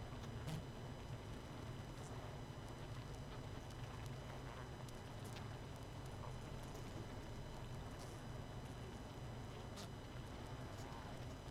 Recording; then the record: honeybee colony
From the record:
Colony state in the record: missing queen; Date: 31 May 2018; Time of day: 21:22